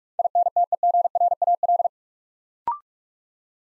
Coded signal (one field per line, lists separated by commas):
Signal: Morse code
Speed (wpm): 44 wpm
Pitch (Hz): 700 Hz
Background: none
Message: INTEGRAL